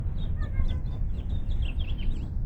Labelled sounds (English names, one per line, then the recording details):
House Finch song
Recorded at North Valley Stream on Long Island, New York, on 17 June 1975
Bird D